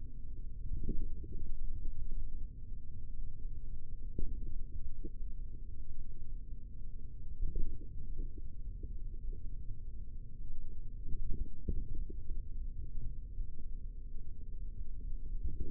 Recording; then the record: forearm muscle sounds (acoustic myography)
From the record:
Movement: finger pinch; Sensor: system 3, bracelet of six PUI Audio POM-2738L microphones around the upper forearm, with dedicated amplification and filtering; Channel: 6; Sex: male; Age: 43 years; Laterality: right